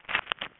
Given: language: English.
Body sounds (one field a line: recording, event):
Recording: throat vibration sensor signal played as sound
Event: swallow